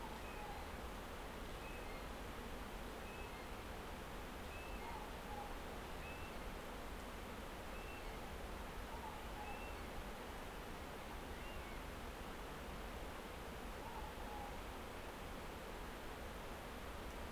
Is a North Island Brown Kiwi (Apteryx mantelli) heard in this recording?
yes